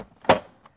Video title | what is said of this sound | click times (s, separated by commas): 2019 Great Ascape ST Travel Trailer by Aliner Walkthrough Tour | the top opens up it snaps into place and you're done it's so simple | 0.3 s